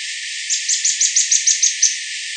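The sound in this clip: Bird calls: a quick run of about nine short, high, chipping notes, evenly spaced, over a steady hiss with low frequencies filtered out.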